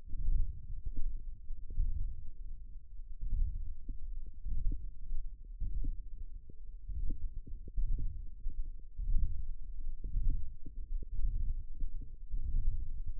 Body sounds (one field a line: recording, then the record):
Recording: forearm muscle sounds (acoustic myography)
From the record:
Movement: ulnar deviation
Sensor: system 1, eight BSWA MPA416 microphones around the upper forearm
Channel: 8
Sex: male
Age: 23 years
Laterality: right